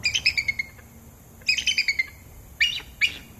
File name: American Bald Eagle